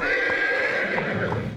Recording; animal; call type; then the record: contact call of a hoofed animal; horse; whinny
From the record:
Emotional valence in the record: negative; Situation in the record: group separation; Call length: 1.56 s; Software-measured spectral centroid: 1770 Hz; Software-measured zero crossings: 2520 a second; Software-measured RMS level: -24 dBFS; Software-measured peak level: -10 dBFS